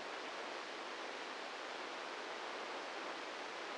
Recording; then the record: brain microelectrode recording played as sound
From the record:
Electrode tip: inside the subthalamic nucleus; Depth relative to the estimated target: -2 mm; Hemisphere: left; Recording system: NeuroSet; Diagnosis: Parkinson's disease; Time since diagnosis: 8 years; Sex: male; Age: 46 years